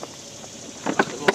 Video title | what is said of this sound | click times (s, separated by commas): 2018 BMW K1600GTL Mini Delivery Documentary from Frontline Eurosports with Nate | You hear it pop in. | 1.0 s, 1.3 s